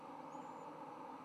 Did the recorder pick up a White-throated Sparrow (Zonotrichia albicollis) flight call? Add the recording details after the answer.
no. No flight call is heard. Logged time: 11:24 on 10 November 2014